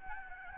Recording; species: mosquito wingbeat signal from an infrared sensor; Aedes albopictus